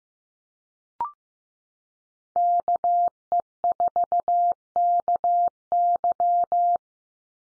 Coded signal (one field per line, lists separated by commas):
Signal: Morse code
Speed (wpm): 15 wpm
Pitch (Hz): 700 Hz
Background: none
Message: KE4KY